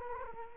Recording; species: mosquito wingbeat signal from an infrared sensor; Culex quinquefasciatus